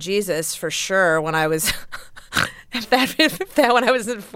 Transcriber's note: laughter